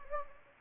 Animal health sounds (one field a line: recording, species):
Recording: mosquito wingbeat signal from an infrared sensor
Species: Anopheles gambiae